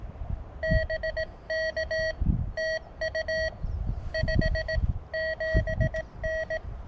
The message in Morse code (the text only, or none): BK TU 57N